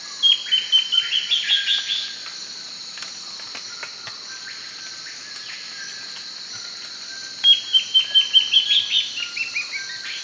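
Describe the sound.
Bird gives its call twice, each a fast falling run of chirps, separated by a long stretch of steady high hum.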